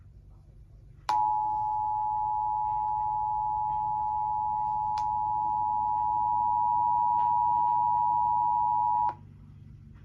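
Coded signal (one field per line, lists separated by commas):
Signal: Emergency Alert System (SAME) tones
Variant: 853 and 960 Hz attention tone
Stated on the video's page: Pennsylvania required monthly test of the emergency alert system, scheduled for 9:15 AM.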